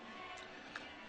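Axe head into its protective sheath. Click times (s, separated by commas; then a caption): 0.8 s. An axe head is pulled into its handmade protective sheath and snaps into place, giving a sharp, short click at 0.8 s over a steady background hum. The axe head is seated in the sheath.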